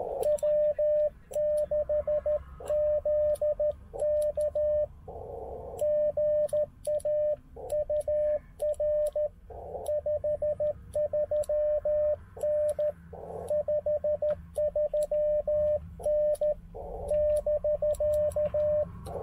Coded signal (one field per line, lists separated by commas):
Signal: Morse code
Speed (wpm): 16 wpm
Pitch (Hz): 600 Hz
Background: radio noise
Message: W6ZK GA UR 53N 53N <BK>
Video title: POTA 13WPM CW QRS practise at Okotoks Erratic